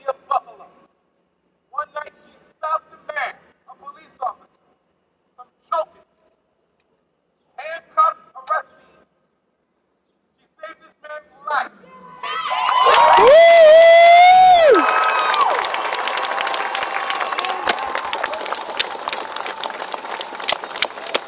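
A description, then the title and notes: A protest in Niagara Square opens with a man speaking in short bursts separated by pauses for about twelve seconds. Then a rising whistle or siren-like tone cuts in with a surge of crowd cheering and noise that stays loud and dense to the end. Niagara Square Protest in Downtown Buffalo.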